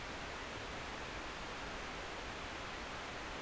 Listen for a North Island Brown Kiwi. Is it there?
no